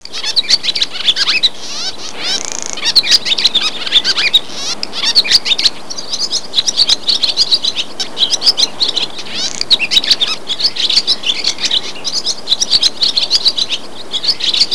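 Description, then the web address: Birds chirping, many high, quick tweets and short trills overlapping continuously. "特酷声音素材库 动物 鸟 Bird"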